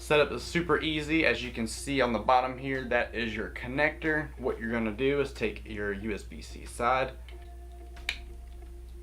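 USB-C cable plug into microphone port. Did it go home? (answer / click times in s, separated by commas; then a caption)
yes / 8.1 s. Someone talks for about seven seconds, then the USB-C end of a braided cable is pushed into the connector on the bottom of a TONOR TC30 USB condenser microphone. A faint tick comes just before a short, sharp snap at 8.1 s as the plug seats in place; it is then tugged to check.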